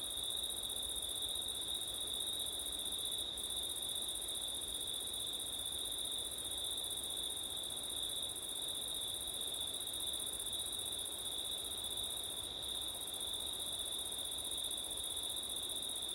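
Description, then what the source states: Cricket: long stretch of continuous cricket trilling at two high pitches, the top layer pausing twice very briefly, with soft wind throughout. Crickets on a windy September night, ORTF microphone setup.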